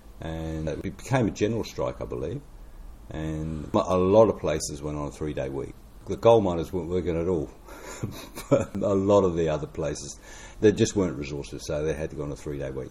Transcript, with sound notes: and it became a general strike, I believe, and a lot of places went on a three-day week. The coal miners weren’t working at all, [chuckle] but a lot of the other places… there just weren’t resources, so they had to go on a three-day week;